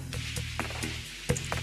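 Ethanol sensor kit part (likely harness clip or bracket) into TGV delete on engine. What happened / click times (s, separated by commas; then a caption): The part is handled but not yet seated; steady music with beat-like ticks, the sharpest at 1.3 s, could be mistaken for a click / none. A part from a Cobb flex fuel ethanol sensor kit is handled and lined up at the TGV delete on the engine of a 2015+ WRX during the kit install. A steady low hum runs throughout, broken by short rustling, tapping handling noises, the sharpest near 1.3 s. Nothing has seated or clicked yet.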